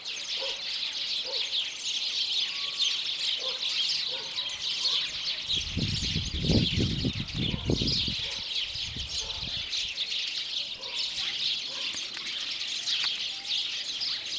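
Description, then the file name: House sparrow calls: a constant mass of high chirps from several birds, interrupted midway by a few seconds of low rumbling noise. "Passer domesticus"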